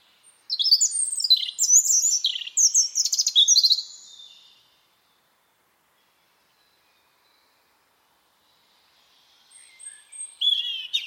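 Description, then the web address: Bird uttering a quick run of high, scratchy chirps for several seconds, then silence before a few more chirps return at the close. "cianscape birddata Deverinetal 2025 Bird Only"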